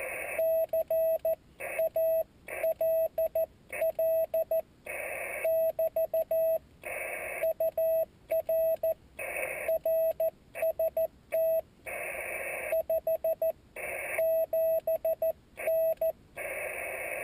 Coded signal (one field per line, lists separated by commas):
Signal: Morse code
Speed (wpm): 14 wpm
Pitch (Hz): 650 Hz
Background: radio noise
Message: CALL <BT> UR RST 57N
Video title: QSO CW QRP